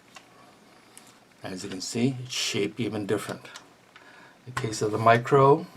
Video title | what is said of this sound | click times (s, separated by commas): X95 Micro Surplus MSW. Review. IWI Tavor IDF bullpup | push it forward or pull it back push it forward and it locks in place | 0.2 s, 1.0 s